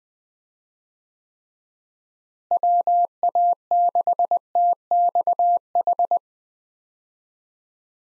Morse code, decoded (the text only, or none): WA6TXH